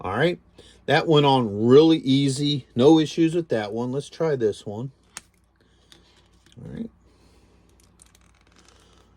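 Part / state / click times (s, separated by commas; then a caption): swap hand onto action figure wrist peg / seated / 8.0 s. A swap hand is pushed onto the plastic wrist peg of a Joytoy Warhammer 40k Crimson Slaughter Brother Karvult action figure and pops right in, seated with a sharp small snap at 8.0 s. Someone talks during the first five seconds, then quiet plastic handling clicks follow.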